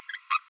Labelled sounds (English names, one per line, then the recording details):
Green-rumped Parrotlet babbling
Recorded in a nest box in Venezuela
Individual 18B12A1